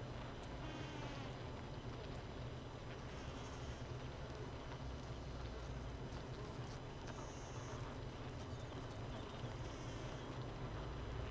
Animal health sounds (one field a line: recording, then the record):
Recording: honeybee colony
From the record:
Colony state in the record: missing queen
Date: 31 May 2018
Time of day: 5:30